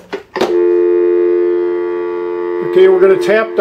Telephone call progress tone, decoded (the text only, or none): dial tone